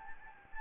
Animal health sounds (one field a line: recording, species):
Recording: mosquito wingbeat signal from an infrared sensor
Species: Anopheles gambiae